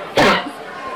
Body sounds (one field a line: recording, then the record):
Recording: coughing mixed with background sound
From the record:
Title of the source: Barking cough - # 10